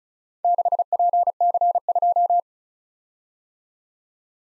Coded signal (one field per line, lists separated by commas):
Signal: Morse code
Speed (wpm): 32 wpm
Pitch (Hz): 700 Hz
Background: none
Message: 6PC2